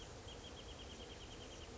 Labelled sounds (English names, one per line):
Wrentit